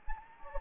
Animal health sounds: mosquito wingbeat signal from an infrared sensor; Anopheles gambiae

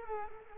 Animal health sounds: mosquito wingbeat signal from an infrared sensor; Culex quinquefasciatus

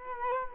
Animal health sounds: mosquito wingbeat signal from an infrared sensor; Culex quinquefasciatus

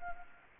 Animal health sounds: mosquito wingbeat signal from an infrared sensor; Culex quinquefasciatus

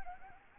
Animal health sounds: mosquito wingbeat signal from an infrared sensor; Anopheles arabiensis

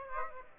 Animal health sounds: mosquito wingbeat signal from an infrared sensor; Aedes aegypti

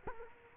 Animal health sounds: mosquito wingbeat signal from an infrared sensor; Culex quinquefasciatus

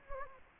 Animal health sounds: mosquito wingbeat signal from an infrared sensor; Anopheles gambiae

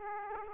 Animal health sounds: mosquito wingbeat signal from an infrared sensor; Aedes aegypti

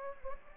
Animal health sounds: mosquito wingbeat signal from an infrared sensor; Anopheles gambiae

